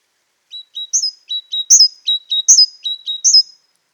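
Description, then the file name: Great tit singing bright two-note phrases, a short low note and a higher sliding note, repeated about four times in about three seconds on a silent background. "Parus major"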